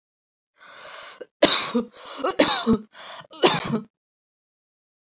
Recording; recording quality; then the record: heavy voluntary cough; excellent, no background noise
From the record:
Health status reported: healthy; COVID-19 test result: negative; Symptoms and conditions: none ticked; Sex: female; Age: 21 years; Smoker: not ticked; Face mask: worn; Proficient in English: yes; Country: India